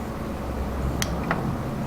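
An EXUP servo eliminator plug is pushed into the wiring harness connector on an R6 motorcycle, where the servo used to be. Over a steady low hum, a sharp click sounds at 1.0 s, followed by a second, softer tick at 1.3 s. The plug seats and is in place.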